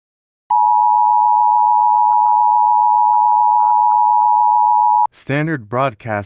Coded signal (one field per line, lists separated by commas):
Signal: Emergency Alert System (SAME) tones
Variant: 853 and 960 Hz attention tone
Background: speech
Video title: EAS Scenario - Zombie Outbreak